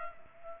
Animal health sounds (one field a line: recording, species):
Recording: mosquito wingbeat signal from an infrared sensor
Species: Culex pipiens